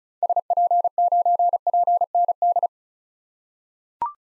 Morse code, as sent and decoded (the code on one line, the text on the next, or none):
... .--. ----. .--. -. -..
SP9PND